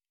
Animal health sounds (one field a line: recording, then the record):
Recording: hydrophone in a shrimp aquaculture tank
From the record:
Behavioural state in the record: normal